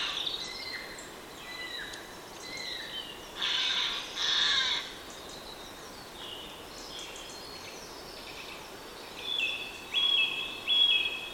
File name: Garrulus glandarius